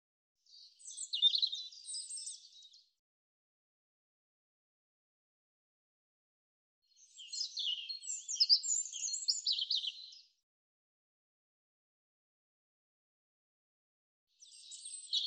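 European robin song: high, scratchy, jumbled warbling phrases a few seconds long, separated by long silent pauses, a third phrase beginning at the end.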